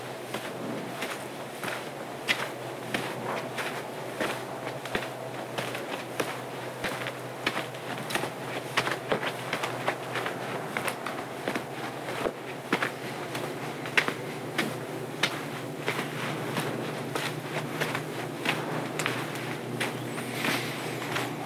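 Footsteps crunch steadily along a trail during a night hike, a dense, regular stream of short scuffs and crackles every fraction of a second. A low steady hum runs underneath throughout, and a few sharper snaps stand out, one around fourteen seconds.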